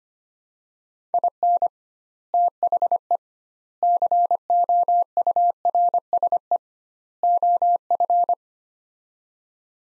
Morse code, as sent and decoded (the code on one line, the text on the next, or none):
.. -. / - .... . / -.-. --- ..- .-. ... . / --- ..-.
IN THE COURSE OF